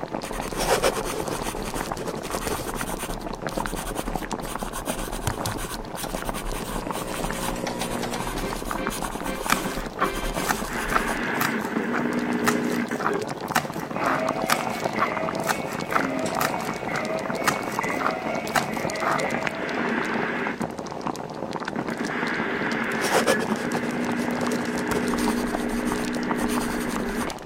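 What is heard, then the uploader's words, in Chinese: An old television or radio plays steadily in a home, its voices and sung, opera-like tones filling the room throughout. Kitchen clatter and small knocks from cooking mix in at irregular moments, and a low hum sits underneath for the first ten seconds. 妈妈在做饭 爸爸在看报 你在写作业。妈妈在做饭 爸爸在看报 屋里放着老电视广播声 偶尔传来的京剧。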